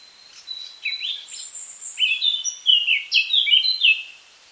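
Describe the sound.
Eurasian Blackcap singing, starting with quiet chattering warbles and a thin high note, then swelling into rich, loud, fluty phrases that rise and fall rapidly before stopping.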